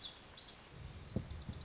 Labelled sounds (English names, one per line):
Lazuli Bunting